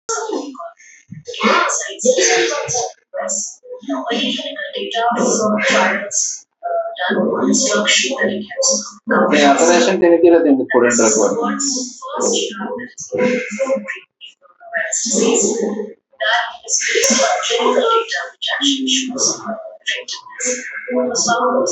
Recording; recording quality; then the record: deep breathing; excellent, no background noise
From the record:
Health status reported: healthy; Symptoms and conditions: diabetes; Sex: female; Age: 40 years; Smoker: not ticked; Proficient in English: yes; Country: India